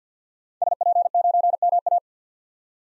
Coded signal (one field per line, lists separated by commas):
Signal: Morse code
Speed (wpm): 50 wpm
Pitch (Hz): 700 Hz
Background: none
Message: SP9MA